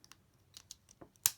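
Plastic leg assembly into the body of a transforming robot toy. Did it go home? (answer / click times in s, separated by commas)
yes / 1.3 s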